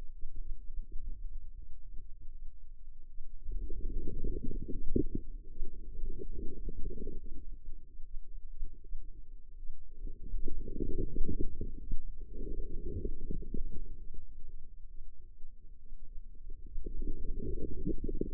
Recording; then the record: forearm muscle sounds (acoustic myography)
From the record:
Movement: inward rotation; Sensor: system 2, bracelet of six BSWA MPA416 microphones around the upper forearm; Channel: 1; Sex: female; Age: 25 years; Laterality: right